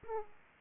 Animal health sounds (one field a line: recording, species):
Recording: mosquito wingbeat signal from an infrared sensor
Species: Aedes aegypti